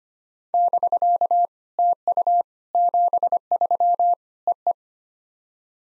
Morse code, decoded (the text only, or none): <BK> TU 73 EE